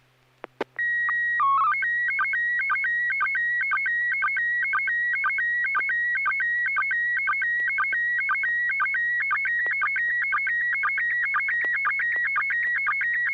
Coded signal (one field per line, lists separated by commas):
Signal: SSTV (slow-scan television)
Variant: PD 120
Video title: N6NA SSTV Net - 05/22/2024